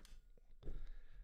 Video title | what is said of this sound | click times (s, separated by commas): Insta360 ONE X2 (honest) My Criticisms so far. #tvproduction #insta360onex2 #insta360 | So you need to push it in really tight until it clicks, and | 0.1 s